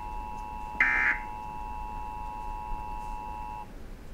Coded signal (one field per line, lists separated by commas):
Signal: Emergency Alert System (SAME) tones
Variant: 853 and 960 Hz attention tone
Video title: Nationwide Emergency Alert Testing Completed